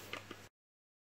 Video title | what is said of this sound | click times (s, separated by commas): Figouraki Unboxing #17 - Captain America (Captain America: Civil War) Kotobukiya ARTFX+ (1/10 Scale) | κουμπώνει και εύκολα κιόλας. | 0.1 s